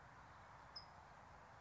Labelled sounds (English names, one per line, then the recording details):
California Towhee
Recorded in Sonoma County, California